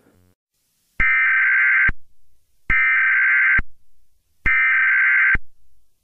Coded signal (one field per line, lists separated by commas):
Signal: Emergency Alert System (SAME) tones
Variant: header bursts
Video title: Romania EAS Alarm Mock (Maybe)